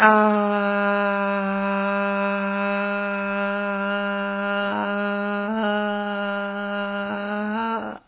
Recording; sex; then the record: sustained vowel /a/; female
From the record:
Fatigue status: no fatigue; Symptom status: symptomatic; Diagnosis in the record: COVID-19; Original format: 3gp